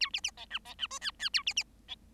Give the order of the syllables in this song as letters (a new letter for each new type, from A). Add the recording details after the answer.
A B B C D C D E F F A B B C. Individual Bird7